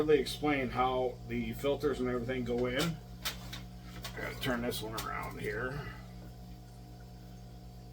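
Someone talks while a filter insert that was not sitting right is turned around and lined up inside the plastic housing of a Hygger HG099 hang-on-back filter, with soft handling sounds over a steady low hum. Nothing has seated or clicked yet.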